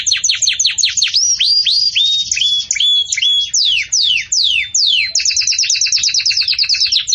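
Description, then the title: Belgian canary song of rapid downslurred chirps, a few drawn-out whistles, and a closing series of fast repeated notes. Belgian canary singing the 'campainha' (bell) song style, recorded for tutoring young chicks. "Belíssimo Canto Do Canário Belga Campainha Para Encarte De Filhotes"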